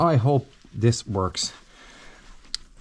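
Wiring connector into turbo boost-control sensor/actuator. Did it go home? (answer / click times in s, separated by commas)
yes / 2.5 s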